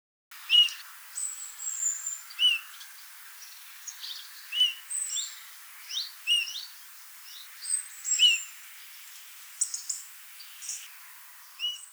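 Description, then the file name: Eurasian bullfinch calls: soft, short piping notes repeated at irregular intervals. "Pyrrhula pyrrhula"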